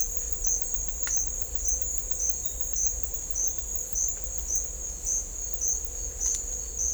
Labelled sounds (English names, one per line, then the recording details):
none
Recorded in dense forest near Puerto Asís, Putumayo, Colombia, on 16 December 2024 at 08:30
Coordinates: 0.500, -76.322
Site G053